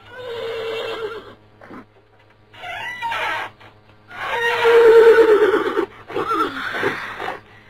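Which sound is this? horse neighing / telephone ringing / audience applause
horse neighing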